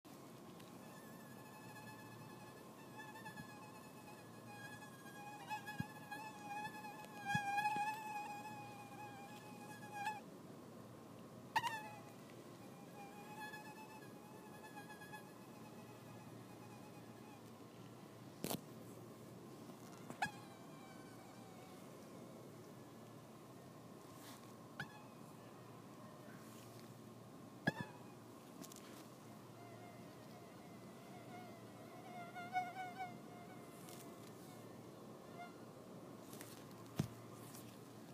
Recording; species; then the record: mosquito flight sound by mobile phone; Anopheles farauti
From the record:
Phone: iPhone 6